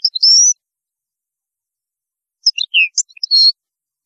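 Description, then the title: European goldfinch song: a brief rising twittering note, then a scattered cluster of high chirps and a short buzzy phrase. "Chant Chardonneret"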